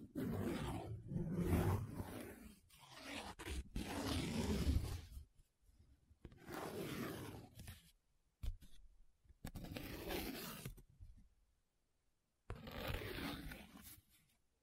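Paper is rubbed and scratched in long rough strokes, each a dense, gritty rasp lasting one to three seconds. The bursts come in uneven clusters with brief silent gaps between them, a few sharp ticks marking the starts, and a final pause before one last stroke.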